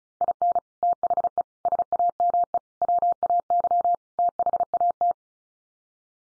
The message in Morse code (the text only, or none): IN THE SAME WAY THAT